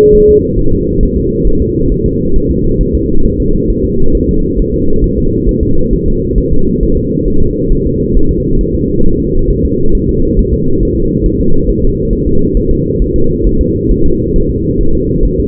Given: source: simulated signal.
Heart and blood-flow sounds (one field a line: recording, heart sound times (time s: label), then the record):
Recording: fetal heart sounds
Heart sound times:
0.15 s: S1
0.29 s: S2
0.59 s: S1
0.73 s: S2
1.03 s: S1
1.17 s: S2
1.47 s: S1
1.62 s: S2
1.92 s: S1
2.06 s: S2
2.36 s: S1
2.51 s: S2
2.81 s: S1
2.95 s: S2
3.25 s: S1
3.40 s: S2
3.70 s: S1
3.85 s: S2
4.15 s: S1
4.29 s: S2
4.59 s: S1
4.74 s: S2
5.04 s: S1
5.18 s: S2
5.49 s: S1
5.63 s: S2
5.93 s: S1
6.08 s: S2
6.38 s: S1
6.53 s: S2
6.83 s: S1
6.97 s: S2
7.28 s: S1
7.42 s: S2
7.72 s: S1
7.87 s: S2
8.17 s: S1
8.31 s: S2
8.61 s: S1
8.75 s: S2
9.06 s: S1
9.20 s: S2
9.50 s: S1
9.65 s: S2
9.95 s: S1
10.09 s: S2
10.39 s: S1
10.53 s: S2
10.83 s: S1
10.97 s: S2
11.26 s: S1
11.41 s: S2
11.69 s: S1
11.84 s: S2
12.13 s: S1
12.27 s: S2
12.57 s: S1
12.71 s: S2
13.02 s: S1
13.16 s: S2
13.46 s: S1
13.61 s: S2
13.91 s: S1
14.06 s: S2
14.36 s: S1
14.50 s: S2
14.81 s: S1
14.95 s: S2
15.25 s: S1
15.40 s: S2
From the record:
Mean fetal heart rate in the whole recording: 135 bpm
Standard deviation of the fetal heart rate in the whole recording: 3 bpm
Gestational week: 36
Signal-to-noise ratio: -19.1 dB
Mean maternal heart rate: 72 bpm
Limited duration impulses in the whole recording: present